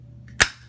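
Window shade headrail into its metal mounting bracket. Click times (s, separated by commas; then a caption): 0.4 s. A window shade headrail has its front lip slipped into a metal mounting bracket and is pushed down until the bracket's teeth snap over it. A faint brief sound at 0.3 s is followed by a sharp, loud click at 0.4 s with a short decay. The shade is seated in the bracket.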